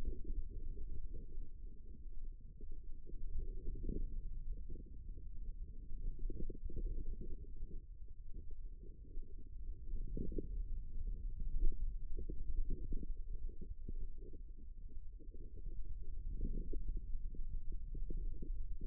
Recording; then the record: forearm muscle sounds (acoustic myography)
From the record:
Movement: ulnar deviation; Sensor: system 2, bracelet of six BSWA MPA416 microphones around the upper forearm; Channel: 4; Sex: female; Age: 25 years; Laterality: right